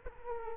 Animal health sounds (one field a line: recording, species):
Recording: mosquito wingbeat signal from an infrared sensor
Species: Culex quinquefasciatus